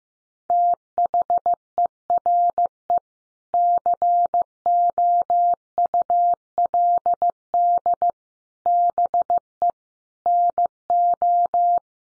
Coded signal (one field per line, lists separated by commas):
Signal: Morse code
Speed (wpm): 15 wpm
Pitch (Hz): 700 Hz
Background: none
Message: THERE COULD BE NO